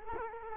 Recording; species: mosquito wingbeat signal from an infrared sensor; Culex quinquefasciatus